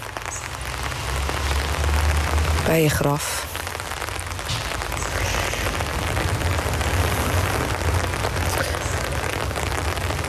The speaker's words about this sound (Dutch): Sta ik dan in de regen?